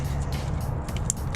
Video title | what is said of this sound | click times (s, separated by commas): HOW To INSTALL Tailgate Light Bar - EASY !!! | there you go lock it in | 1.1 s